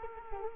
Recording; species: mosquito wingbeat signal from an infrared sensor; Culex quinquefasciatus